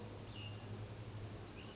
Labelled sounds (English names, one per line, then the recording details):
Cassin's Vireo
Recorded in Sonoma County, California